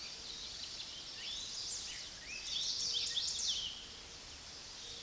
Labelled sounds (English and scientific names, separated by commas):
Chestnut-sided Warbler (Setophaga pensylvanica) song